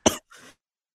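A single cough from an adult: a sharp, loud opening burst followed about a tenth of a second later by a softer, breathy trailing exhalation. It is a plain, dry-sounding cough in a small room, with no wheeze or rattle.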